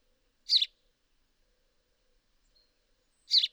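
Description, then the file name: House sparrow giving two short, harsh chirps, one early and one near the end, separated by about two and a half seconds of silence. "Passer domesticus"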